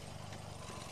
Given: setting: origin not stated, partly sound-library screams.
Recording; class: one-second piece from a danger detection set; normal situation